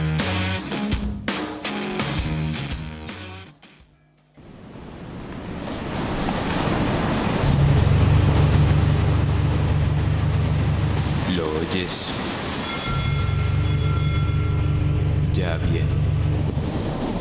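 A short burst of music cuts off, giving way to a steady roar of ocean waves and wind, with a deep, low engine-like rumble swelling underneath as a ship returning from a long voyage with catch from the sea moves through the water.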